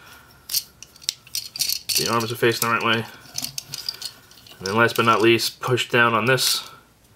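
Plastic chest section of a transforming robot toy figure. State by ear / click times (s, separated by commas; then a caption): not seated / none. Someone talks while handling a plastic transforming robot toy figure, with sharp plastic clicks and rattles from about 0.8 to 1.7 s and again from 3.4 to 3.9 s as the arms are turned to face the right way. The chest section is about to be pressed down to finish the transformation, but nothing has seated or clicked into place yet.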